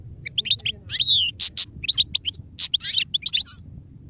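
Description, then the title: European goldfinch song, a quick run of bright twittering notes and short slurred whistles. Wild goldfinch; singing, described as the most beautiful song. "اجمل غناءالحسون الخلويchant chardonneret sauvage"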